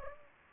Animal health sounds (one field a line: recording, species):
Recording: mosquito wingbeat signal from an infrared sensor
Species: Culex pipiens